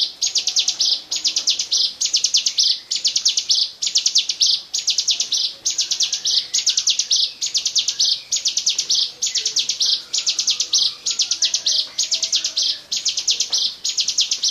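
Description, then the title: Bar-winged prinia song, a long run of high, insect-like trilled phrases, each closing in a harsh buzz, repeated steadily about once a second. "Suara Burung Ciblek"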